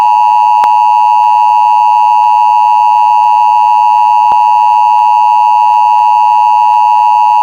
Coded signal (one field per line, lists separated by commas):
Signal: Emergency Alert System (SAME) tones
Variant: 853 and 960 Hz attention tone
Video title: EAS Video: Tornadoe Warning